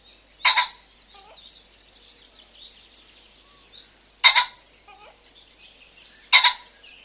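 Common pheasant repeats its loud, hoarse two-syllable crow three times, backed by a steady mix of soft high birdsong.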